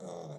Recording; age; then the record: pig call; piglet (1 to 25 days)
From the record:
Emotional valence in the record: negative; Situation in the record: long isolation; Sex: male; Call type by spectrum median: low-frequency call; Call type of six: low-frequency stable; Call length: 0.40 s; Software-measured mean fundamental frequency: 83 Hz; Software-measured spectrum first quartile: 279 Hz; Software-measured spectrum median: 513 Hz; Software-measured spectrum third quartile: 857 Hz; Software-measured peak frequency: 170 Hz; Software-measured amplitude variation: 98 dB a second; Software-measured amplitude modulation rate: 29.1 a second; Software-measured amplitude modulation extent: 3.4 dB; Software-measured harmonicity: 1.2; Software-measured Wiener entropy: -0.22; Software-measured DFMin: 1313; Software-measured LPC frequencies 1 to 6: 553, 1999, 3537, 5668, 6510, 7842 Hz